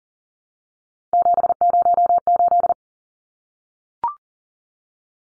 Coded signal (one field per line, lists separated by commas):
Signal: Morse code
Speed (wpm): 40 wpm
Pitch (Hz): 700 Hz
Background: none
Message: 708